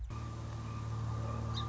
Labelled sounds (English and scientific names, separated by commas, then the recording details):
Song Sparrow (Melospiza melodia)
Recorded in Sonoma County, California